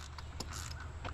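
A torque wrench tightens a valve cover bolt on a BMW X1 engine in a crisscross pattern during a valve cover gasket replacement done because of a burning smell from under the hood. Over a steady low hum, with fainter ticks around it, the wrench gives its sharpest click at 0.4 s. The bolt is confirmed torqued.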